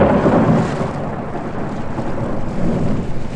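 A thunderstorm roars with deep, continuous rolling thunder, a heavy low rumble that surges and swells throughout, with a wash of rain and wind noise layered over it.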